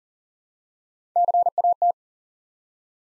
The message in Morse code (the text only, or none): CAT